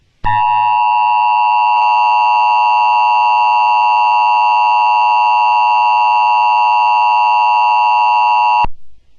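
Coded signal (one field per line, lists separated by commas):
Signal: Emergency Alert System (SAME) tones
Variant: 853 and 960 Hz attention tone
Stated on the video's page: Fictional EAS simulation about a wildfire disaster; not a real alert.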